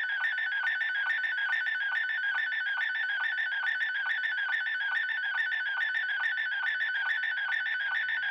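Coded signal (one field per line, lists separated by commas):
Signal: SSTV (slow-scan television)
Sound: rapid rhythmic warbling chirps repeating several times a second, a harsh buzzy tone throughout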